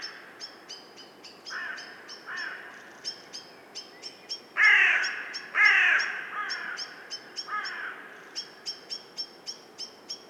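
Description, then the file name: Carrion crow with several hoarse caws, two loud ones in the middle and softer ones around them, while a small bird chirps repeatedly at a high pitch throughout. "Corvus corone"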